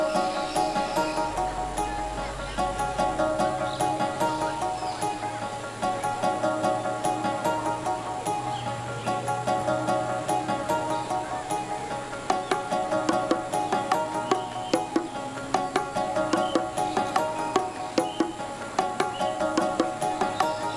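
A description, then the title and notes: A steady jungle chorus of insects and calls hums in layered tones throughout, with a constant high whine above. Quick clicks and chirps crackle through it all, growing denser and sharper after about twelve seconds, while a soft low rumble sits underneath. A Musical Day in the Jungle.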